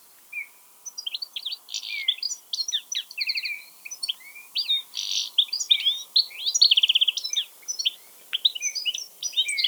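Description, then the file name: European goldfinch song, a fast run of bright chirps, short buzzy trills and liquid twitters. "Carduelis carduelis"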